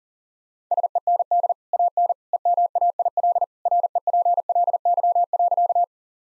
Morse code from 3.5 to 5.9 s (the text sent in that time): REPLY.